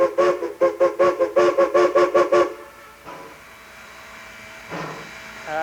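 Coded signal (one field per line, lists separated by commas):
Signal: train horn signal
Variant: steam locomotive whistle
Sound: a steam whistle sounds a rapid series of about ten short blasts, then chuffing quiet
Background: locomotive steam and rumble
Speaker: A series of short blast is a signal blown to indicate that there is someone or something, an animal on the track ahead and you're trying to get him out of your way.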